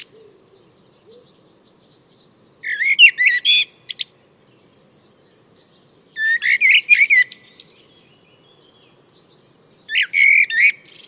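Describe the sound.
Bird song: three dense bursts of rapid chirps and short whistles, each one to two seconds long, with pauses between.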